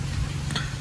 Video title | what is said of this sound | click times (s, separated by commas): Motovloging setup tamil -- Cost 50000 😱-- #motovlog #gopro setup #motovlogger #cb #candybiker | lock ஆகிட்ட பிறகு நம்ம வந்து மறுபடியும் இப்படி பண்ணிவிட்டு அதை லாக் பண்ணி விட்டுருந்தோம். | 0.6 s